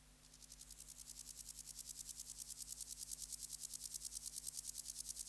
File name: Chorthippus binotatus